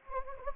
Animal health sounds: mosquito wingbeat signal from an infrared sensor; Anopheles gambiae

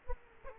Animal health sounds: mosquito wingbeat signal from an infrared sensor; Aedes aegypti

